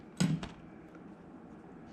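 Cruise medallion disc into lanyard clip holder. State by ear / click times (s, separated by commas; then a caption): not seated / none. A cruise medallion disc is handled against its plastic lanyard clip holder, making a sharp plastic tap at about 0.2 seconds, a lighter tap near 0.4 seconds and a faint tick around 0.9 seconds over quiet background. The medallion has not seated or clicked into the holder yet.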